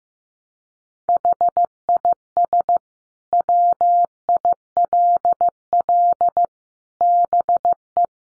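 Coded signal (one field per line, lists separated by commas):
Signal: Morse code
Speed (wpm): 15 wpm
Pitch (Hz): 700 Hz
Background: none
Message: HIS WILL BE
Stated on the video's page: Morse code practice at 15 wpm: sentences built from the top 500 words, each sent in Morse, then spoken, then sent again, for head-copy training.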